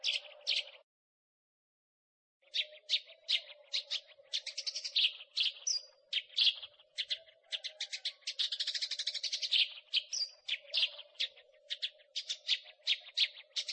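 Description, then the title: Eurasian tree sparrow chirping, rapid overlapping chirps and a few thin whistled notes over a constant low hum. "burung gereja"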